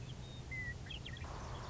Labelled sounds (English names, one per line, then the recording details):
Western Meadowlark
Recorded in Sonoma County, California